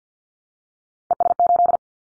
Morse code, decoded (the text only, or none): ES8